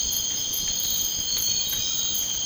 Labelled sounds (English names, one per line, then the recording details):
none
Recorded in dense forest near Puerto Asís, Putumayo, Colombia, on 19 March 2025 at 00:30
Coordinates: 0.500, -76.322
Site GP06